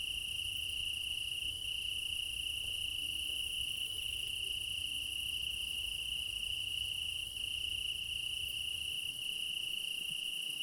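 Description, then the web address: Cricket chorus holding a constant high trill throughout, many insects blending together, faint low ambient noise underneath. Meadow at night in Crimea in summer; quad ambience recorded with ORTF microphone pair offset by 3 m, front pair. "Alexander Kopeikin - Quad ambience of Crimea in summer 20 meadow night ambience, crickets, ortf offset by 3 m, front"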